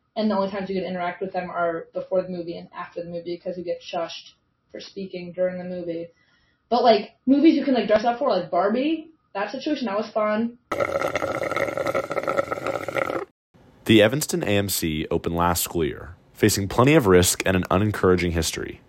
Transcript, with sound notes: And the only times you get to interact with them are before the movie and after the movie because we get shushed for speaking during the movie, but like movies, you can like dress up for like Barbie, that situation that was fun.
[SODA SLURPING SOUND] THE EVANSTON AMC OPENED LAST SCHOOL YEAR, FACING PLENTY OF RISK AND AN UNENCOURAGING HISTORY.